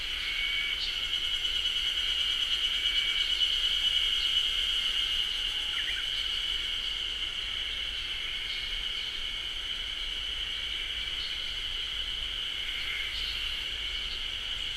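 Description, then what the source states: Ezo haru cicadas in a sustained shrill chorus. Chorus in a beech forest, Japan; recorded with a ZOOM H6.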